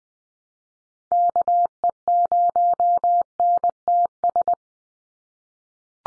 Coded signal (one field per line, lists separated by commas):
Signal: Morse code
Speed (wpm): 20 wpm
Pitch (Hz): 700 Hz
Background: none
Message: KE0NTS